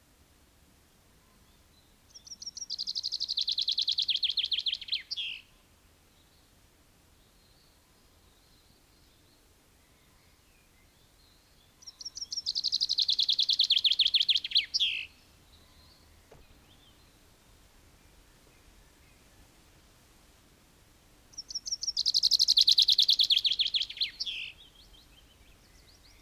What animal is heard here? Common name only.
Common Chaffinch